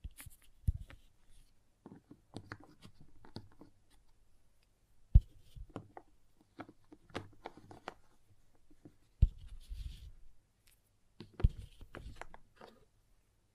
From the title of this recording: Slime Sounds Crayon Sounds + Tapping